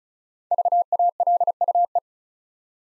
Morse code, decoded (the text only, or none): VALUE